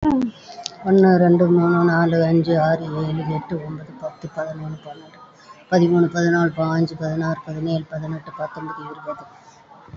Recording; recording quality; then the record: counting at a fast pace; excellent, no background noise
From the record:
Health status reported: COVID-19 positive, moderate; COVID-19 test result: positive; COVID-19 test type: RT-PCR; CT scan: taken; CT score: 5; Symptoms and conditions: cough, cold, sore throat, fever, fatigue, muscle pain, diarrhoea, diabetes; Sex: female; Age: 63 years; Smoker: no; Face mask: worn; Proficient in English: yes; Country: India